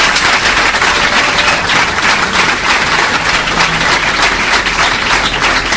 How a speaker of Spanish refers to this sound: Juan Ignacio Cuesta Millán, por favor, otro aplauso.